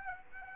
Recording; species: mosquito wingbeat signal from an infrared sensor; Aedes aegypti